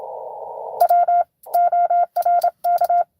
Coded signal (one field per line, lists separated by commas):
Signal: Morse code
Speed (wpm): 26 wpm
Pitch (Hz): 700 Hz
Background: none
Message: WORK